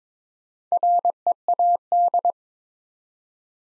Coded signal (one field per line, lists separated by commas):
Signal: Morse code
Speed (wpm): 23 wpm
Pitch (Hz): 700 Hz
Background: none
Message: READ